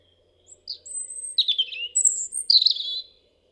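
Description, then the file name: European robin song: one sweet, fast-changing phrase of high thin whistles, slurred notes and short trills, with a faint low hum beneath. "Erithacus rubecula"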